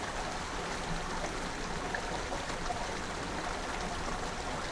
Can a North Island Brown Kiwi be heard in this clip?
no